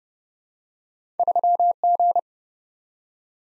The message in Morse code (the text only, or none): 3G